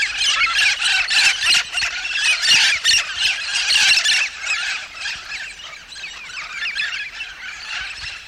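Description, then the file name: Tucuman amazon giving a dense run of harsh squawks and shrill chattering calls, continuous and loud, becoming quieter toward the end. "loroalisero"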